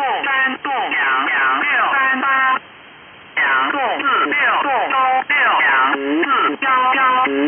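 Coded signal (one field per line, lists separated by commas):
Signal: numbers station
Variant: VC01 Chinese Robot, Mandarin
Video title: Chinese Robot number station VC01 | Signal Phantom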